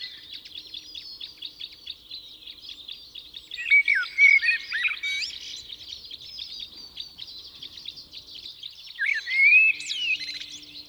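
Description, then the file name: Common blackbird song, two short fluty warbled phrases, about five seconds apart, set against a dense, continuous chorus of high chirping birds. "Turdus merula"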